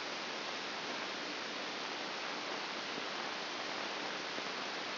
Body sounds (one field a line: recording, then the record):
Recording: brain microelectrode recording played as sound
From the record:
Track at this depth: inside the subthalamic nucleus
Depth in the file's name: 5.063 mm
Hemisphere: left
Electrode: 2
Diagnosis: Parkinson's disease